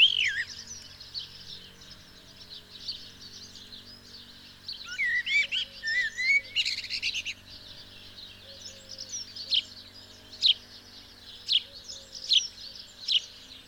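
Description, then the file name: House sparrow chirps, a busy run of short bright notes with a few sliding whistles, then spaced sharp chirps near the end. "Passer domesticus"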